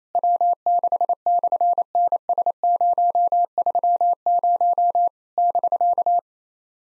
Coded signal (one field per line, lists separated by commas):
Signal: Morse code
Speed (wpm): 27 wpm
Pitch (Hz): 700 Hz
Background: none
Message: W6/NS030 <BK>